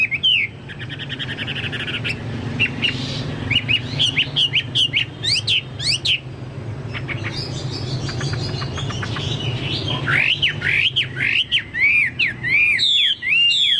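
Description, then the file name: Chinese hwamei song of varied swooping whistles and fast trills, with a steady low hum behind. "hwamei-2-omkicau"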